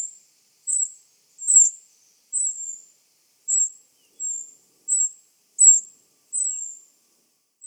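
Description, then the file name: Eurasian wren uttering a series of sharp, very high notes, spaced roughly a second apart, against silence. "Troglodytes troglodytes"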